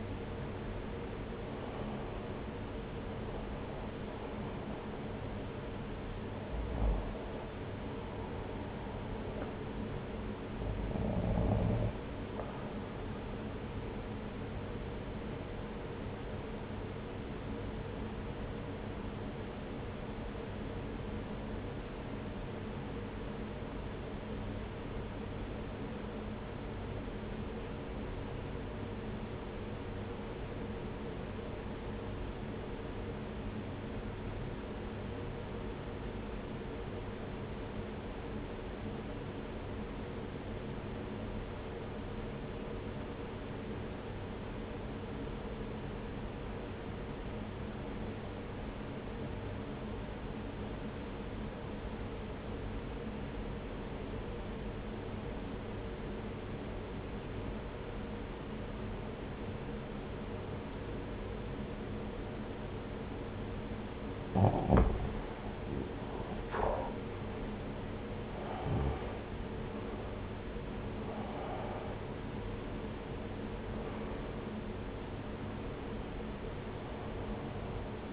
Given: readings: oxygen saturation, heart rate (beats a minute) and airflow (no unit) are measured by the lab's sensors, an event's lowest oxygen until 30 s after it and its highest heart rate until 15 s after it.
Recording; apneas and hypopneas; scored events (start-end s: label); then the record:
breathing in sleep by a voice recorder at the bedside; 1
18.00-66.50 s: obstructive apnea (REM, oxygen 97% highest, then 80% lowest)
From the record:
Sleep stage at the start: REM sleep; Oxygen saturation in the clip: 82 to 97%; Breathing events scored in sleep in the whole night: 303 in 8.1 hours asleep